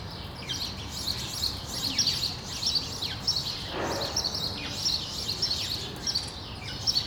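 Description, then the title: Sparrows chirping, many overlapping short chirps repeated throughout, over a low background hum. Sparrows on Rue de l'épargne, Brussels, Belgium, recorded for World Sparrow Day with Lom mikroUši AB microphones into a Deity PR-2 recorder. "Rue de l'épargne, Bruxelles, Bruxelles-Capitale, Belgique - World Sparrow Day"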